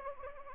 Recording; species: mosquito wingbeat signal from an infrared sensor; Anopheles arabiensis